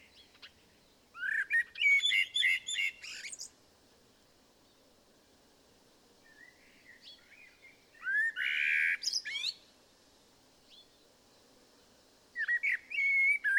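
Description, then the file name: Common blackbird giving three bursts of scratchy, warbling notes with quiet gaps between them, over a steady low background hiss. "Turdus merula"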